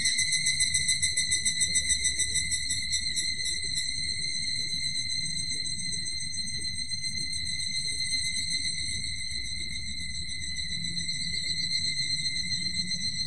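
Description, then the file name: Evening cicada call, a pulsing shrill trill at the start settling into a steady ringing drone, with a low background rumble. "higurashi"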